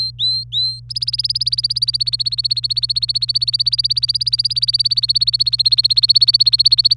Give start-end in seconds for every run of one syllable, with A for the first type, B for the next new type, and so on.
0.00-0.80 A, 0.89-6.97 B